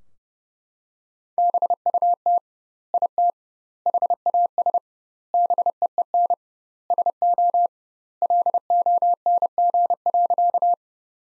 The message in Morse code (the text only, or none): BUT IT HAS BEEN SO LONG.